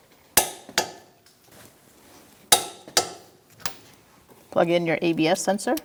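A torque wrench set to 129 ft-lbs tightens the steering knuckle bolts into the strut/knuckle assembly on a 2012-2018 Ford Focus. Two loud, sharp clicks at 0.4 s and 2.5 s, each followed by a softer one, mark the wrench reaching its setting on each bolt. Someone talks at the end.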